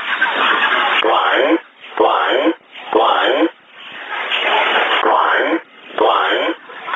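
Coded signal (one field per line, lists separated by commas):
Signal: numbers station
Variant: E07 English Man, English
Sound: a voice reading short, evenly spaced words over a shortwave radio channel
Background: radio static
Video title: 16 03 2019 E07 English Man Numbers station in English 0740 on 12112 unknown tx site in USB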